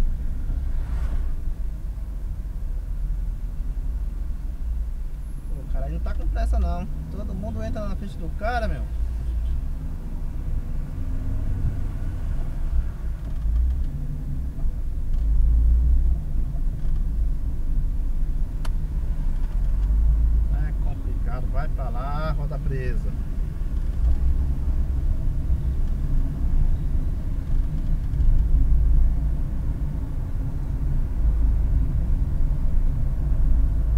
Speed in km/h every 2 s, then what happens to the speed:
9, 8, 4, 11, 11, 16, 13, 19, 19, 18, 21, 18, 21, 25, 27, 26, 26.
4-9 speeds up to 16. 12-14 speeds up to 19. 14-22 steady at about 19. 22-27 speeds up to 27. 27-34 steady at about 26.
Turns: none.